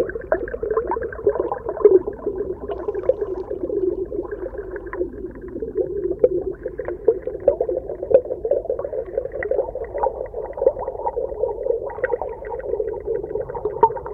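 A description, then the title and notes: Muffled underwater ambience with a steady low-mid murmur, dense bubbling and frequent small clicks and pops throughout, nothing bright above. Underwater Scuba Ambience: Deep Relaxation with Ocean Sounds. The peaceful bubbles in the underwater world.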